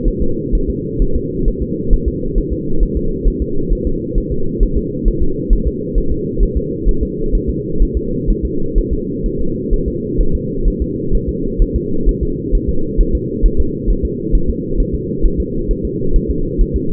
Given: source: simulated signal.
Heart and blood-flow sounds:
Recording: fetal heart sounds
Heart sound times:
0.08 s: S1
0.22 s: S2
0.55 s: S1
0.70 s: S2
1.02 s: S1
1.16 s: S2
1.48 s: S1
1.62 s: S2
1.93 s: S1
2.08 s: S2
2.38 s: S1
2.53 s: S2
2.83 s: S1
2.97 s: S2
3.28 s: S1
3.42 s: S2
3.72 s: S1
3.87 s: S2
4.18 s: S1
4.32 s: S2
4.63 s: S1
4.77 s: S2
5.08 s: S1
5.22 s: S2
5.53 s: S1
5.67 s: S2
5.98 s: S1
6.12 s: S2
6.43 s: S1
6.57 s: S2
6.89 s: S1
7.03 s: S2
7.35 s: S1
7.49 s: S2
7.82 s: S1
7.97 s: S2
8.30 s: S1
8.45 s: S2
8.78 s: S1
8.93 s: S2
9.26 s: S1
9.41 s: S2
9.73 s: S1
9.88 s: S2
10.21 s: S1
10.35 s: S2
10.68 s: S1
10.82 s: S2
11.15 s: S1
11.29 s: S2
11.62 s: S1
11.76 s: S2
12.09 s: S1
12.23 s: S2
12.55 s: S1
12.69 s: S2
13.00 s: S1
13.15 s: S2
13.46 s: S1
13.60 s: S2
13.90 s: S1
14.05 s: S2
14.35 s: S1
14.49 s: S2
14.80 s: S1
14.95 s: S2
15.25 s: S1
15.40 s: S2
15.71 s: S1
15.85 s: S2
16.16 s: S1
16.31 s: S2
16.61 s: S1
16.76 s: S2
From the record:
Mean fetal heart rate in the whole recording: 130 bpm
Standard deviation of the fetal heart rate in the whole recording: 2 bpm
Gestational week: 38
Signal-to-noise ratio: -8.1 dB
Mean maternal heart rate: 72 bpm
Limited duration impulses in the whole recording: absent

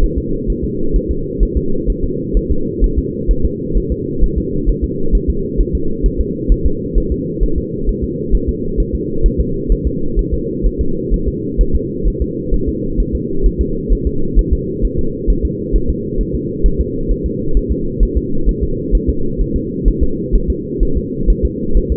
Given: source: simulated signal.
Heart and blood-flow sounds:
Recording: fetal heart sounds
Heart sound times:
0.04 s: S1
0.18 s: S2
0.50 s: S1
0.65 s: S2
0.96 s: S1
1.11 s: S2
1.43 s: S1
1.57 s: S2
1.90 s: S1
2.04 s: S2
2.37 s: S1
2.51 s: S2
2.84 s: S1
2.98 s: S2
3.31 s: S1
3.45 s: S2
3.77 s: S1
3.92 s: S2
4.24 s: S1
4.38 s: S2
4.70 s: S1
4.84 s: S2
5.15 s: S1
5.30 s: S2
5.61 s: S1
5.75 s: S2
6.06 s: S1
6.21 s: S2
6.52 s: S1
6.66 s: S2
6.98 s: S1
7.12 s: S2
7.43 s: S1
7.58 s: S2
7.89 s: S1
8.04 s: S2
8.35 s: S1
8.49 s: S2
8.80 s: S1
8.95 s: S2
9.26 s: S1
9.40 s: S2
9.72 s: S1
9.87 s: S2
10.19 s: S1
10.34 s: S2
10.66 s: S1
10.81 s: S2
11.14 s: S1
11.28 s: S2
11.61 s: S1
11.76 s: S2
12.08 s: S1
12.22 s: S2
12.54 s: S1
12.69 s: S2
13.00 s: S1
13.15 s: S2
13.46 s: S1
13.61 s: S2
13.93 s: S1
14.07 s: S2
14.39 s: S1
14.53 s: S2
14.85 s: S1
14.99 s: S2
15.30 s: S1
15.45 s: S2
15.76 s: S1
15.90 s: S2
16.21 s: S1
16.35 s: S2
16.66 s: S1
16.80 s: S2
17.11 s: S1
17.26 s: S2
17.57 s: S1
17.72 s: S2
18.03 s: S1
18.17 s: S2
18.49 s: S1
18.63 s: S2
18.95 s: S1
19.09 s: S2
19.41 s: S1
19.56 s: S2
19.88 s: S1
20.03 s: S2
20.36 s: S1
20.50 s: S2
20.83 s: S1
20.97 s: S2
21.30 s: S1
21.45 s: S2
21.77 s: S1
21.92 s: S2
From the record:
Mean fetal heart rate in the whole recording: 130 bpm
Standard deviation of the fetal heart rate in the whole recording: 2 bpm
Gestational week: 36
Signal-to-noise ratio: -8.1 dB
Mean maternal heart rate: 72 bpm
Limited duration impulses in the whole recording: absent

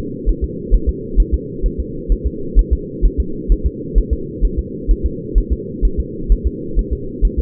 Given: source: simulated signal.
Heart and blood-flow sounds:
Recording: fetal heart sounds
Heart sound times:
0.29 s: S1
0.44 s: S2
0.74 s: S1
0.89 s: S2
1.20 s: S1
1.34 s: S2
1.66 s: S1
1.80 s: S2
2.12 s: S1
2.27 s: S2
2.59 s: S1
2.73 s: S2
3.06 s: S1
3.20 s: S2
3.52 s: S1
3.66 s: S2
3.98 s: S1
4.13 s: S2
4.45 s: S1
4.59 s: S2
4.91 s: S1
5.06 s: S2
5.38 s: S1
5.53 s: S2
5.85 s: S1
6.00 s: S2
6.32 s: S1
6.47 s: S2
6.79 s: S1
6.93 s: S2
7.25 s: S1
7.39 s: S2
From the record:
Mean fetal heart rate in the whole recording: 130 bpm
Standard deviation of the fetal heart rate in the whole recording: 2 bpm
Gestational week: 36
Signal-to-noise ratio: -4.3 dB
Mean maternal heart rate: 72 bpm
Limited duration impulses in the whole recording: absent

